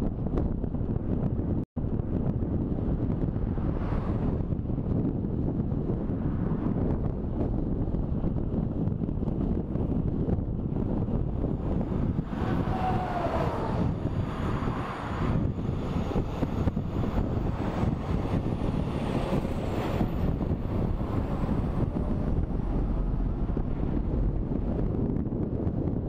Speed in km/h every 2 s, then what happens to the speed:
31, 31, 30, 30, 26, 26, 24, 25, 25, 27, 30, 32, 34.
0-13 steady at about 30. 13-26 speeds up to 34.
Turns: none.